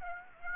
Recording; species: mosquito wingbeat signal from an infrared sensor; Aedes aegypti